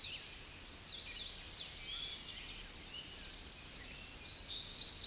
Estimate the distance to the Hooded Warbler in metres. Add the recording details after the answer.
about 65 m. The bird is about 5 m below the microphone. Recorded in a Pennsylvania forest on 16 May 2024 at 07:10. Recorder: AudioMoth, point MSD-2257. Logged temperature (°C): 16.0 °C. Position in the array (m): 142 m, 122 m